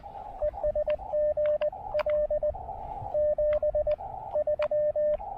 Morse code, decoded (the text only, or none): ES GL 73